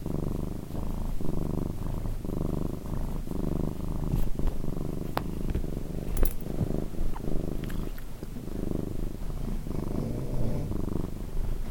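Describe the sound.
Cat purr, deep and continuous with rhythmic breath pulses, a few brief clicks or taps heard midway through.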